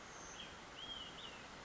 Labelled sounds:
Olive-sided Flycatcher (Contopus cooperi)
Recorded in Sonoma County, California

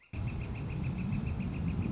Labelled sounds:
Northern Flicker (Colaptes auratus)
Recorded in Sonoma County, California

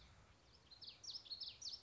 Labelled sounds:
Common Yellowthroat (Geothlypis trichas)
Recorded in Sonoma County, California

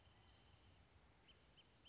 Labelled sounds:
Wrentit (Chamaea fasciata)
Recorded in Sonoma County, California

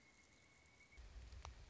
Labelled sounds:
Pileated Woodpecker (Dryocopus pileatus)
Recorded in Sonoma County, California

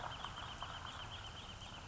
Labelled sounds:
Wrentit (Chamaea fasciata)
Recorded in Sonoma County, California

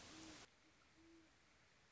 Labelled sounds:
Great Horned Owl (Bubo virginianus)
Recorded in Sonoma County, California

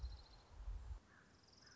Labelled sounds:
Orange-crowned Warbler (Leiothlypis celata)
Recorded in Sonoma County, California

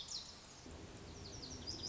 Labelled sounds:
Lazuli Bunting (Passerina amoena)
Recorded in Sonoma County, California

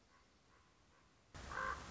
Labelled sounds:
Common Raven (Corvus corax)
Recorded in Sonoma County, California

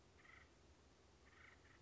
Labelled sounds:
Acorn Woodpecker (Melanerpes formicivorus)
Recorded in Sonoma County, California

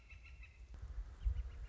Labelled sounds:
Northern Flicker (Colaptes auratus)
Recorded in Sonoma County, California

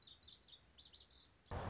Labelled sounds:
Lazuli Bunting (Passerina amoena)
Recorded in Sonoma County, California

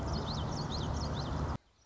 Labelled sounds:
Common Yellowthroat (Geothlypis trichas)
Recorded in Sonoma County, California

